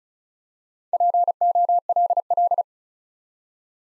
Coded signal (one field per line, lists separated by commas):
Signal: Morse code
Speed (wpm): 36 wpm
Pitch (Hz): 700 Hz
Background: none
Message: POLL